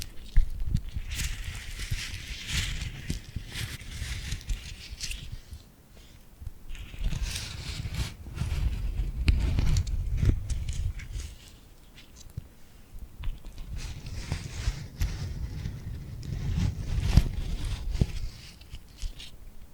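Glued hands rub and peel in sticky, crackling bursts with a low rumble, coming in waves around the start, middle and near the end.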